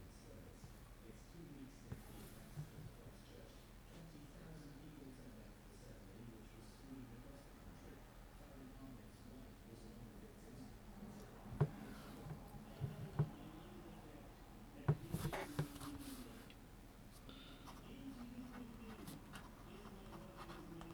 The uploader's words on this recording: Background radio. Typing and thinking with the radio in the background.